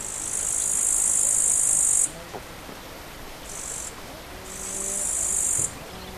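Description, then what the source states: Bush cricket song, a shrill high buzzing: one long two-second burst, a brief short buzz, then another longer burst, with quiet hum between. Recorded 5 August 2013 on a portable MiniDisc recorder (MZ-N710).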